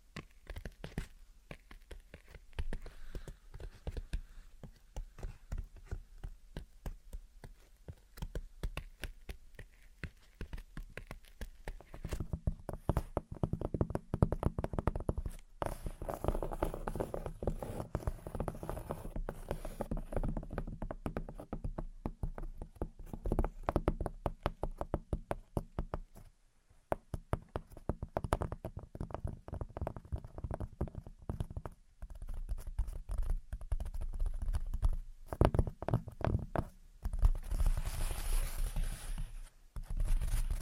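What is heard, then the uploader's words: Gentle tapping and scratching goes on without a break, a dense run of soft, quick taps with a low, muffled body. The rhythm stays irregular, with a brief lull near the middle, and a brighter, hissier scratching stretch rises around the final seconds. Gentle Tapping and Scratching. (No Talking).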